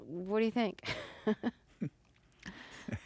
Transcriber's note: soundbite of laughter